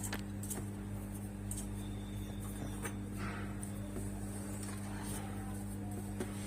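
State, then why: Not seated. A SATA cable connector is pushed again and again into a motherboard SATA port, giving several small knocks over a steady low hum. The connector fails to lock, and nothing has seated or clicked yet.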